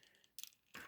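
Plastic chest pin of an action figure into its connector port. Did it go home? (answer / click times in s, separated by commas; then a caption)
yes / 0.4 s. The plastic chest section of a 2009 Transformers Revenge of the Fallen deluxe class Sideswipe robot toy is pushed back far enough to swing around, and its pin is pressed into the connector port. Two sharp plastic clicks at about 0.4 s and 0.4 s seat the pin, forming the chest, followed by a louder broadband rustle of handling from 0.75 s.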